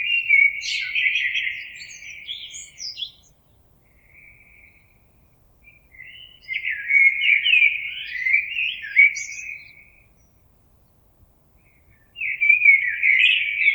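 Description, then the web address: Common blackbird singing warbled, flute-like phrases with some high twittering notes, a soft brief fragment in a pause between them. Recorded 26 April 2022. "oiseaux Merle 2022 04 26"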